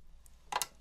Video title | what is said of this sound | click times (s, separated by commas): AKiTiO Thunder2 Quad - Drive Installation | then gently push on the top until the front panel snaps into place. | 0.6 s